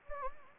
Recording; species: mosquito wingbeat signal from an infrared sensor; Anopheles gambiae